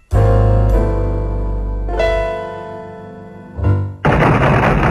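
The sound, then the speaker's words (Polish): Heavy, booming knocks on a door in a radio sketch of a visit from Saint Nicholas, about four or five loud thuds at uneven intervals, each leaving a low ringing hum, ending in a harsh noisy burst. No one speaks. “Tak, to pukanie do drzwi.”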